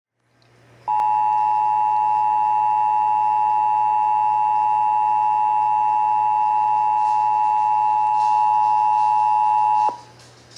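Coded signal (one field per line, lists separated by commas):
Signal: Emergency Alert System (SAME) tones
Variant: 853 and 960 Hz attention tone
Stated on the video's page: Texas required monthly test heard on several radio and television stations.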